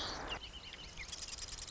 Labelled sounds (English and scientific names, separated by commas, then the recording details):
Marsh Wren (Cistothorus palustris)
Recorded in Sonoma County, California